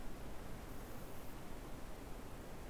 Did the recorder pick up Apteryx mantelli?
no